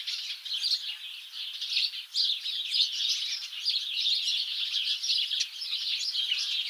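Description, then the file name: House sparrow flock giving a steady wall of overlapping chirps and twitters, busy and unbroken, with small surges and dips in loudness. "Passer domesticus"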